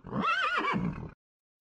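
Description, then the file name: Horse whinny, a single rising then wavering neigh with rich harmonics lasting about a second, followed by silence. Several horses in the neighbourhood. "hevoset naapurissa"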